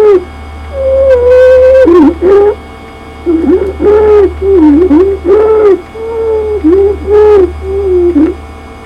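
Stridor in an adult airway: a loud, harsh, musical tone heard with repeated breaths.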